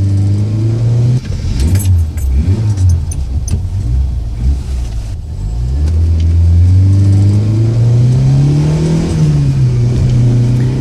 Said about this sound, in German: stieg zu Peter ins Auto und los ging die Verfolgungsjagd